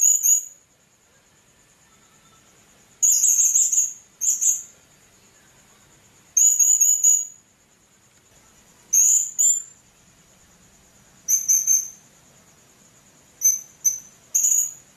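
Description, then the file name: Blue-crowned hanging parrot giving bursts of shrill, buzzy high chatter in short groups every few seconds, over a constant thin high whine in the background. "serindit"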